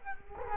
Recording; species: mosquito wingbeat signal from an infrared sensor; Culex quinquefasciatus